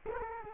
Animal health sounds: mosquito wingbeat signal from an infrared sensor; Culex quinquefasciatus

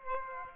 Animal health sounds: mosquito wingbeat signal from an infrared sensor; Aedes aegypti

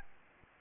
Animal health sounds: mosquito wingbeat signal from an infrared sensor; Aedes albopictus

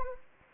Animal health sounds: mosquito wingbeat signal from an infrared sensor; Anopheles gambiae

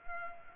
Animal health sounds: mosquito wingbeat signal from an infrared sensor; Culex pipiens

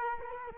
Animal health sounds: mosquito wingbeat signal from an infrared sensor; Culex quinquefasciatus

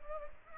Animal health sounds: mosquito wingbeat signal from an infrared sensor; Culex pipiens

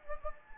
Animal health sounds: mosquito wingbeat signal from an infrared sensor; Anopheles gambiae

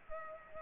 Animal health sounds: mosquito wingbeat signal from an infrared sensor; Culex pipiens

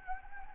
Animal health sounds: mosquito wingbeat signal from an infrared sensor; Anopheles arabiensis

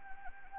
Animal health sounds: mosquito wingbeat signal from an infrared sensor; Anopheles arabiensis

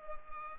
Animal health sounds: mosquito wingbeat signal from an infrared sensor; Culex pipiens

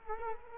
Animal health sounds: mosquito wingbeat signal from an infrared sensor; Culex quinquefasciatus

